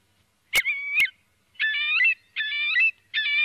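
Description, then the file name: Eurasian curlew: a series of drawn-out whistled notes, rich and fluty, with two sharp clicks at the start. Filtered recording. "CHIURLO"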